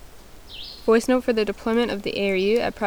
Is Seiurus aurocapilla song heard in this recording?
no